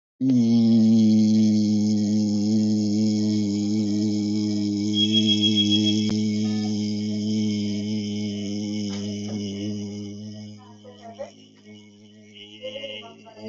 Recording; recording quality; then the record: sustained vowel as in beet; excellent, no background noise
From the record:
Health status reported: recovered from COVID-19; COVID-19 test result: negative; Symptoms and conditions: cough, cold, breathing difficulty, fever, hypertension, diabetes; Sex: male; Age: 53 years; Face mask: not worn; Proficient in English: yes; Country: India